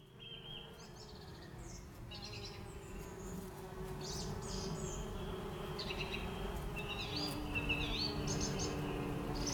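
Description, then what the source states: Bees buzzing in a steady low drone that grows slightly louder, with scattered short bird chirps and whistles above. Recorded July 2012.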